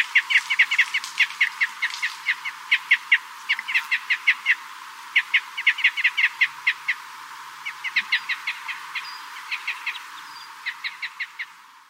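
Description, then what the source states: Red crossbill calling, a long series of sharp chip notes in fast runs, pausing briefly, then resuming. Red crossbill of call type S.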